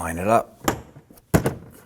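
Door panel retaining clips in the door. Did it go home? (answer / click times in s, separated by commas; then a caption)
no / none. Someone talks briefly while the plastic front door trim panel of a 2003–2014 Volvo XC90 is lined up against the door so its retaining clips can later be bumped into place by hand. Dull handling thumps follow at about 0.7 s and again around 1.3–1.5 s. Nothing has seated or clicked yet.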